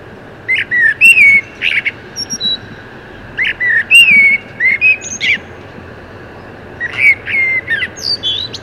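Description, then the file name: Common blackbird song: clear whistled phrases followed by squeaky high notes, repeated in three bouts. "Turdus merula"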